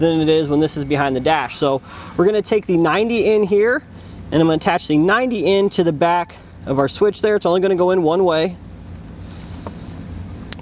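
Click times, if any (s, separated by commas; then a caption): 10.5 s. Someone talks while pushing the 90-degree plug of a data link cable into the back of a Redarc Tow-Pro Elite trailer brake controller switch for a 2017 Toyota Sequoia dash; it is attached now because that is much easier than after the switch is behind the dash, and the plug only fits one way. After the talking stops there is quiet handling, then a sharp click at 10.5 s as the connector locks into place in the switch.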